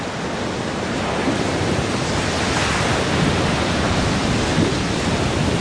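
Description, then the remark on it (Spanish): A continuous, roaring wash of sea waves against a rocky shore, broad and hissing with slight swells in loudness, steady throughout with no voices. “Los tres expedicionarios ahora están tirados sobre una playa rocosa.”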